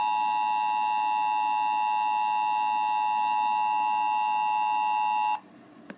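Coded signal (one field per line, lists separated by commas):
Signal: Emergency Alert System (SAME) tones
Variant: 853 and 960 Hz attention tone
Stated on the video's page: Fake LEGO EAS statewide test.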